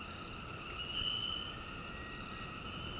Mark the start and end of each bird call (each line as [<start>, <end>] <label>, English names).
[1.55, 2.55] Cinereous Tinamou